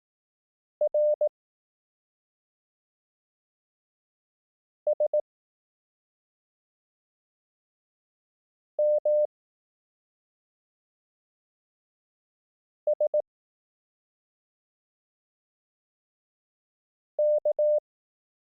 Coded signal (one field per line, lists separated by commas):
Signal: Morse code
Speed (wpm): 18 wpm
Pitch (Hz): 600 Hz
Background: none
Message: R S M S K